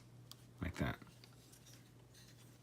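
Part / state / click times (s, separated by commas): plastic figure panels locking under the body section / seated / 0.3 s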